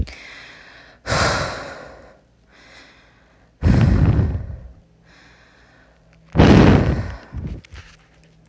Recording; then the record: deep breathing after running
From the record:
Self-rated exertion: moderate exertion (3 of 6); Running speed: 5 miles an hour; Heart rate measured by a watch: 136 beats a minute at the start, 139 at the end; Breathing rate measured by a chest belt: 19 breaths a minute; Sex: female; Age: 18 years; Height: 171 cm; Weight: 75 kg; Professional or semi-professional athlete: no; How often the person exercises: 1 to 2 times a week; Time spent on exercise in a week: under 1 hour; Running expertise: no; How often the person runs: 1 to 2 times a week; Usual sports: running, fencing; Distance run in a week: 3 km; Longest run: 21.3 km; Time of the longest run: 190 minutes